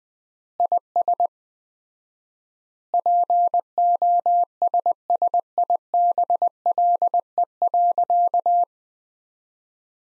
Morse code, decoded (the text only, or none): IS POSSIBLE.